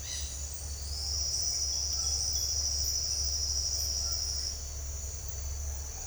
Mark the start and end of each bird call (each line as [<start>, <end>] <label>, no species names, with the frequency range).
[0.00, 0.31] bird call (2.0-5.4 kHz)